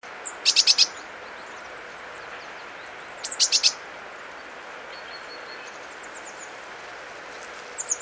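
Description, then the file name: Eurasian blue tit calls: two quick bursts of four or five thin, high, scratchy notes about three seconds apart, with fainter notes later over a steady background hiss. "Cyanistes caeruleus"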